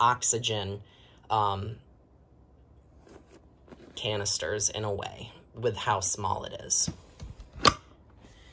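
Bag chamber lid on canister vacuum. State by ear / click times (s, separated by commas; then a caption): seated / 7.7 s. Someone talks while handling a Riccar Prima Tandem Air canister vacuum (PRIMAP.8T), whose small bag chamber takes C bags. The bag chamber lid closes and latches with a sharp click at 7.7 s, seating with a good seal.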